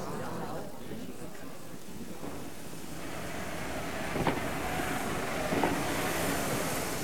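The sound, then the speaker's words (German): A steady, dense rumble of a moving train bound for Dieppe rolls on throughout, with two brief sharp clacks from the rails standing out around the middle and later on. “Am Pfingstsamstag bestieg Isidore Beautrelet den Zug nach Dieppe.”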